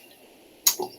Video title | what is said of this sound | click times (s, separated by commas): DPRG RBNV – Robot Builders Night Virtual – March 12, 2024 | pops right into it oh | 0.7 s